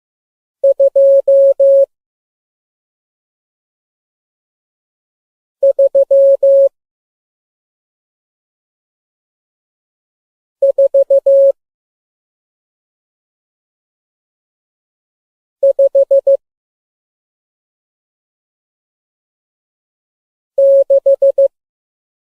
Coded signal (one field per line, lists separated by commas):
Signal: Morse code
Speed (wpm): 15 wpm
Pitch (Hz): 550 Hz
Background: none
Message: 2 3 4 5 6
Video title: Morse Code | LearnItAll